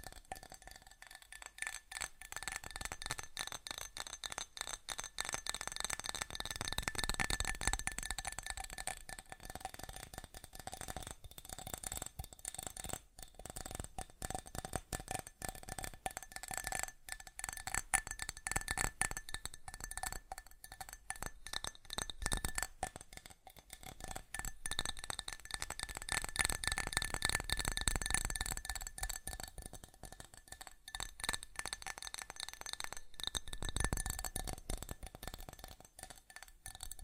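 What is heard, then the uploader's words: Fast tapping runs continuously for the whole recording, a dense stream of sharp, bright clicks with a glassy, clinking edge. The rate stays quick while loudness swells and dips, with busier bursts near 7, 27 and 34 seconds. ASMR Fast Tapping for The Most Tingles (No Talking).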